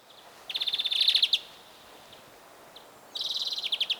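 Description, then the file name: European greenfinch trill: a fast rattling run of repeated notes lasting almost a second, then a pause with a couple of faint notes, then another similar rapid trill. "Chloris chloris"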